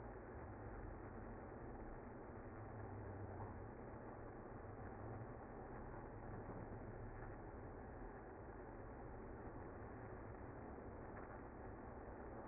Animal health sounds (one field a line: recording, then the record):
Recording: honeybee colony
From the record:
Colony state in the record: active